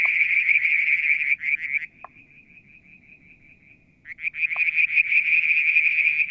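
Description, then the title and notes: Frogs giving a loud, rapid high trill that drops to a soft, thin trill for about two seconds before the loud pulsing resumes; brief lower pops between. Striped marsh frog, Verreaux's tree frog and an unidentified frog calling one July 2022 evening near a water tank at Mount Wilson, New South Wales, Australia. "Frog song, Mount Wilson, New South Wales, Australia in July 2022 – by Alexander Moffatt. Limnodynastes Peronii, Litoria Verreauxii and a mystery frog one evening near the water tank"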